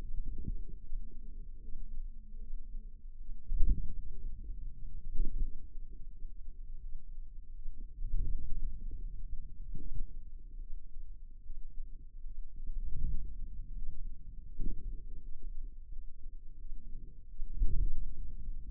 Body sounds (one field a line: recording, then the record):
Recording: forearm muscle sounds (acoustic myography)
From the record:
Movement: ulnar deviation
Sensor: system 2, bracelet of six BSWA MPA416 microphones around the upper forearm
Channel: 4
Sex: female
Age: 23 years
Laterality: right